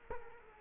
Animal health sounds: mosquito wingbeat signal from an infrared sensor; Culex quinquefasciatus

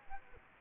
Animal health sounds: mosquito wingbeat signal from an infrared sensor; Culex quinquefasciatus

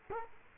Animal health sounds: mosquito wingbeat signal from an infrared sensor; Culex quinquefasciatus

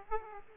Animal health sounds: mosquito wingbeat signal from an infrared sensor; Aedes aegypti

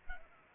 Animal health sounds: mosquito wingbeat signal from an infrared sensor; Culex pipiens

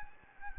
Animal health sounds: mosquito wingbeat signal from an infrared sensor; Anopheles arabiensis

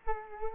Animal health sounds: mosquito wingbeat signal from an infrared sensor; Culex quinquefasciatus

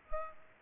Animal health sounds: mosquito wingbeat signal from an infrared sensor; Culex pipiens

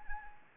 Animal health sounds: mosquito wingbeat signal from an infrared sensor; Anopheles arabiensis

